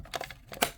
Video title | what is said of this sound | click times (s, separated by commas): Super7 Teenage Mutant Ninja Turtles Super Cyborg Krang Android action figure review and unboxing | all the way in but there we go finally finally got it snapped | 0.6 s